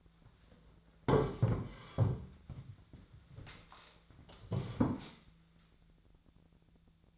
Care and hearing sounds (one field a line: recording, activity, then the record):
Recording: daily activity, microphone in the room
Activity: sit down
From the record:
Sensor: 3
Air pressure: 1008.2 hPa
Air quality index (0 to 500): 192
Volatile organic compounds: 14 ppm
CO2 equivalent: 2466 ppm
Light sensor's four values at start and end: 14/34/14/15 and 14/33/14/14